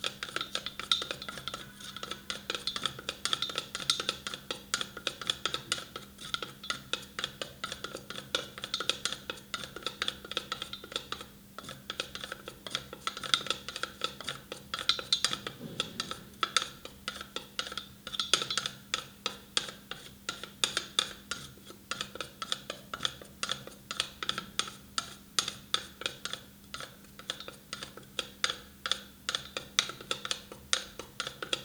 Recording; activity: daily activity, guitar pickup as the sensor; fry